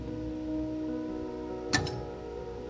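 After cleaning, the pilot assembly is refitted on a Napoleon gas fireplace and its metal retaining clip is pushed into place in a hard-to-reach spot, with music playing in the background. A sharp metallic click sounds at 1.7 s, followed by a fainter tick at 1.9 s, as the clip seats in place.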